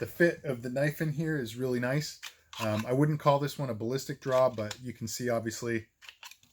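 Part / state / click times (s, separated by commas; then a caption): fixed-blade knife into kydex sheath / seated / 6.2 s. A fixed-blade knife is pushed back into an alligator-wrapped kydex sheath while someone talks. After the talking stops, a few short clicks are heard, and the knife snaps into the sheath's retention with a click at 6.2 s and is seated.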